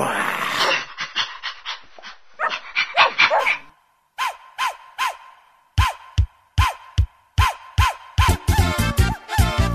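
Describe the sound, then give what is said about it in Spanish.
A puppy barks and yips in a long run of sharp, high-pitched bursts, spaced at first, then coming faster and more frantic toward the end, with no voices present. “¿Qué es? Un perrito.”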